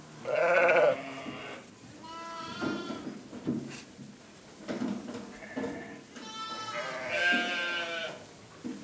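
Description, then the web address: Sheep bleating repeatedly: a loud opening bleat, then several quieter, wavering bleats of varying length, ending with a strong quavering one. Ewe. "etresapoilsepisode 7 brebis Recoltes-de-sons"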